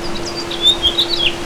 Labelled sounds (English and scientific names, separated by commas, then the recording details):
House Finch (Haemorhous mexicanus) song
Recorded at Merrick on Long Island, New York, on 17 May 2013
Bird B